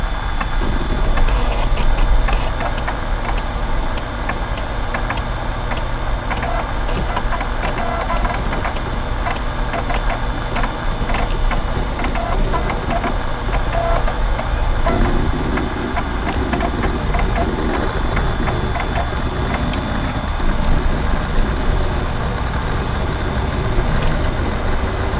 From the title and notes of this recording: VINTAGE COMPUTING • Take a Trip Back to the 90s. MyNoise Vintage Office.